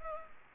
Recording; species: mosquito wingbeat signal from an infrared sensor; Culex pipiens